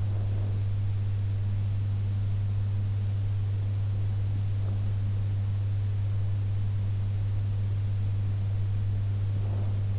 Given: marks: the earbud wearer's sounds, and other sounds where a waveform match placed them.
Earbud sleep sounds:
sounds in sleep by an in-ear microphone; breath
0.00-0.68 s: breath
9.22-9.99 s: breath

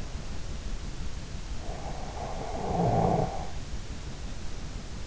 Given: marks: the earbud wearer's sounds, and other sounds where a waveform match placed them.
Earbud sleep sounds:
sounds in sleep by an in-ear microphone; snoring breath
1.64-3.55 s: snoring breath

